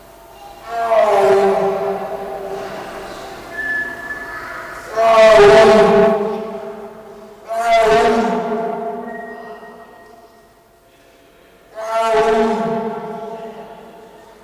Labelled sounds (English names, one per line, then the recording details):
Tiger call
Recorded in captivity
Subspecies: corbetti
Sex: female
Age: adult
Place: Tierpark Berlin, Berlin, DE
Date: 1999-07-31 14:21
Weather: fair, 26°C
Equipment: Sony WM-D6C, Sennheiser ME 80, Kopie Uher 4000 Report Monitor
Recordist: Tembrock, Günter